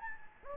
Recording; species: mosquito wingbeat signal from an infrared sensor; Anopheles gambiae